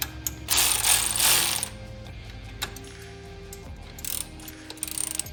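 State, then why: Stripped. A ratchet tightens a bolt into a threaded hole on a Subaru EJ25 SOHC engine, its pawl clicking steadily over bursts of broadband mechanical noise. The bolt never seats: the hole's thread strips out even though the bolt was not tightened much, and the threads are blamed as poor.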